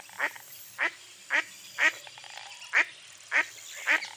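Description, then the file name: Duck calls, seven raspy quacks at slightly uneven intervals of about half a second, over a faint hissing background. "zvuki glazchatoi kriakvy"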